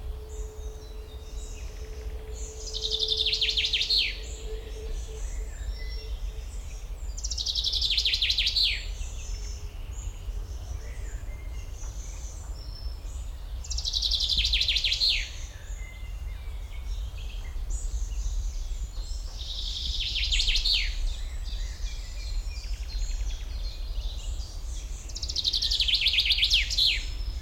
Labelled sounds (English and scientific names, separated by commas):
Common Chaffinch (Fringilla coelebs)